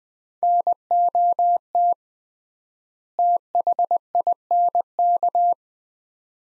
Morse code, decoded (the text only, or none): NOT THINK